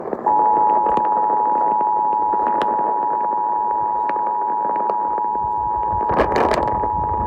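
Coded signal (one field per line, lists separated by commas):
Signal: Emergency Alert System (SAME) tones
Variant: 853 and 960 Hz attention tone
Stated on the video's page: Tornado Warning received on WTMJ, plus a Severe Thunderstorm Warning.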